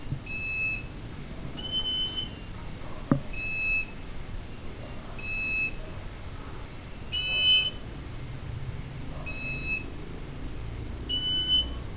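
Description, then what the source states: Bird calls: short, flat, beeping whistled notes, some pitched slightly higher than others, repeated at uneven intervals over a soft background hiss. Recorded in Indonesia; described as beeping birds.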